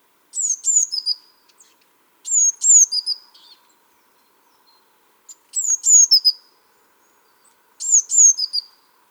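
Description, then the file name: Eurasian blue tit call phrases: two high slurred notes then lower slurred notes, repeated four times with pauses between. "Cyanistes caeruleus"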